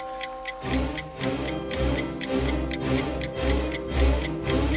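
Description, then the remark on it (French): A palace clock ticks in a steady, brisk rhythm, about two ticks per second, while a sustained ringing chime from its striking hums beneath, with soft low thumps recurring throughout. “L'horloge sonna à nouveau et 10 conseillers en sortirent.”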